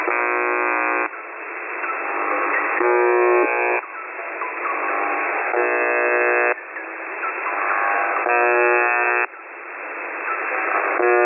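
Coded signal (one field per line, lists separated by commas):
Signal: channel marker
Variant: UVB-76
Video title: UVB-76/The Buzzer (22nd August 2020, 10:42 UTC) music and buzzing?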